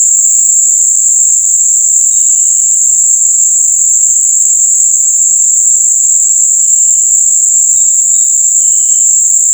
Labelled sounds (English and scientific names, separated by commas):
none